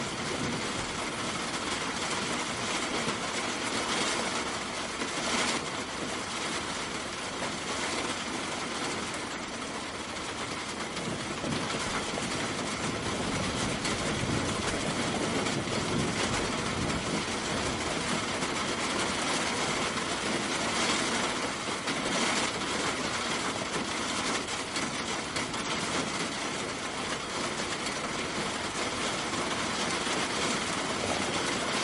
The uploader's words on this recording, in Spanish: Sonido De Lluvia Para Dormir.